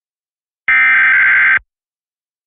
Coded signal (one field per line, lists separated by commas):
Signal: Emergency Alert System (SAME) tones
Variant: header bursts